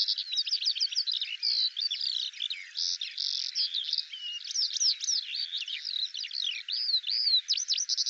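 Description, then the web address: Eurasian skylark in continuous song, fast twittering and buzzy trills mixed with clipped whistles, barely any gaps. "Deverinetal 2025 File cleaned normalized Bird Al Ar"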